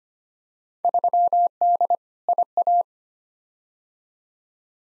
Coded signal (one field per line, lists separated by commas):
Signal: Morse code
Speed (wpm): 25 wpm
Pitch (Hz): 700 Hz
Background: none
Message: 3D IA